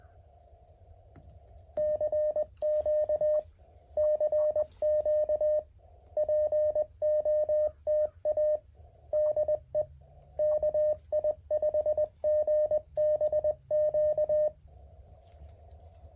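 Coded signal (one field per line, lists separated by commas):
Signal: Morse code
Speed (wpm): 20 wpm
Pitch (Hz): 610 Hz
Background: radio noise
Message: CQ CQ POTA DE KI5GBQ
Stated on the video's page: Morse code park activation sent from a Mountain Topper 4B transceiver into an end-fed half-wave antenna.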